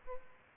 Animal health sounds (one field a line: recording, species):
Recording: mosquito wingbeat signal from an infrared sensor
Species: Culex pipiens